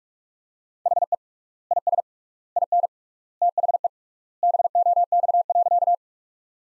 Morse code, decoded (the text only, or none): HE IS IN THE BOX.